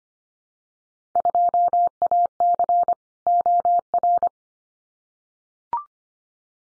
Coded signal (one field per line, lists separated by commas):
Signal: Morse code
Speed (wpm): 25 wpm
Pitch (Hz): 700 Hz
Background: none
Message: 2AC OR